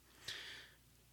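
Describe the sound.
Tufted titmouse giving one harsh, raspy call note, a breathy burst that lasts about half a second and trails off, over a quiet background.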